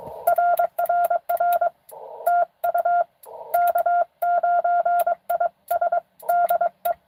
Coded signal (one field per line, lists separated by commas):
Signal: Morse code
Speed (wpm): 22 wpm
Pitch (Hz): 700 Hz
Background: none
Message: RRR TU K9IS DE